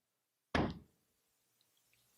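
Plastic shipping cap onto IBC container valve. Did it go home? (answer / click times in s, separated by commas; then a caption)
yes / 0.5 s. A plastic tamper-evident shipping cap is pressed down onto an IBC container valve with the palm of the hand and rolled towards the tab until it locks into place. After half a second of silence, a single loud, low thunk hits at 0.6 s and fades out by about 0.9 s, followed only by faint tiny ticks. The cap is seated and locked at 0.6 s.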